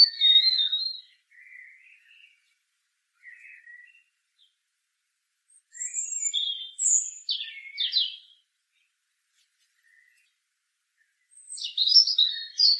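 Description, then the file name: European robin song in separate short phrases: a high whistle, quiet twitters, then sharp high notes and a final bright warbled phrase after silence. "Erithacus rubecula"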